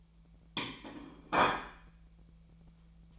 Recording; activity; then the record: daily activity, microphone in the room; place plate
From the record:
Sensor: 1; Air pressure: 1009.3 hPa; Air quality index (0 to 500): 195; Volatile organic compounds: 20 ppm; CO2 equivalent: 2674 ppm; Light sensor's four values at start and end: 27/68/28/34 and 26/68/28/33